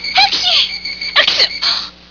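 A short, voiced sneeze from an adult comes as a quick sequence of sharp, high-pitched bursts with a gliding vocal sound, all over in about two seconds. A steady electronic whine runs underneath throughout.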